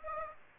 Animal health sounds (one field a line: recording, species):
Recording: mosquito wingbeat signal from an infrared sensor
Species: Aedes aegypti